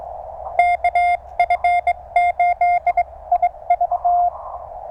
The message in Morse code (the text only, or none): KF8IV